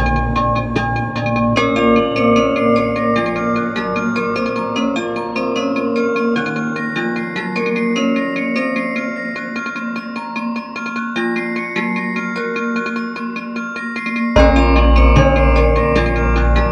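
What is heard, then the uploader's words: A sampled singing bowl instrument plays a slow run of ringing, bell-like tones that hang and overlap in a long wash of echoes. Notes are struck every second or so over a steady low hum, and near fourteen seconds the sound jumps louder and grittier. A demo of sampled instrument: Singing Bowl. Singing Bowl sampled instrument - reverb - distorted delay fx - autopan fx.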